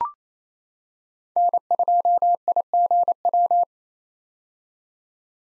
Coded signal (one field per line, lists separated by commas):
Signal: Morse code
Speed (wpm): 28 wpm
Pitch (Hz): 700 Hz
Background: none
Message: N2IGW